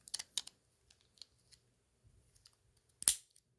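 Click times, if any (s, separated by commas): 3.1 s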